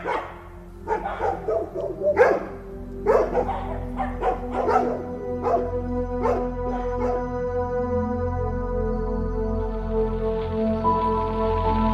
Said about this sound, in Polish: W dzieciństwie te szczekające psy, ten dźwięk budził grozę. Po latach oznaczał spokój i bezpieczeństwo.